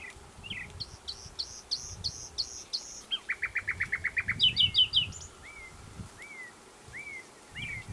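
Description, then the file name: Common nightingale song with varied phrases: repeated flat whistles, a fast rattling series of sharp notes, bright trilled notes, then spaced rising slurred whistles; faint low background rumble. "Luscinia megarhynchos"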